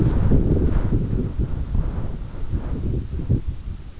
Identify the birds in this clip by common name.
none